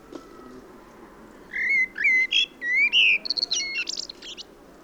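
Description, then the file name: Common blackbird: a rich whistled warble rising and falling, then breaking into high, rapid twittering notes at the end of the phrase. "Turdus merula"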